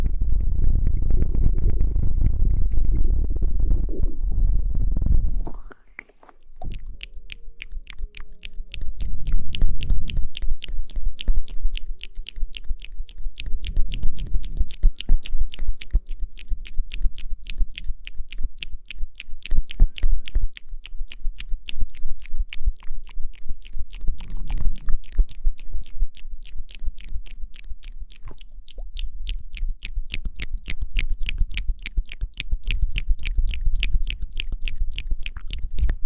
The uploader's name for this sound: Mouth Sounds